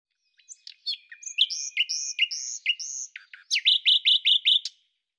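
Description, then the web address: Common nightingale singing a varied phrase: whistled and slurred notes repeated in a loose pattern, followed by a fast burst of loud, evenly spaced repeated notes. "Deverinetal 2025"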